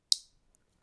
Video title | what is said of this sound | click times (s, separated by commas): EDF de 680€ à 90€/annuel - AutoConsommation avec 8 panneaux photovoltaïques | entend ici clic c'est bon | 0.1 s